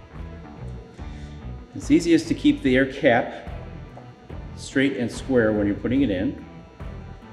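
An air cap is held straight and square and pushed into a DM Advantage fan drive housing against the air cartridge face seal during an air-leak repair. Someone talks over background music, and a short sharp hit comes at about 4.0 s. Nothing has seated or clicked yet.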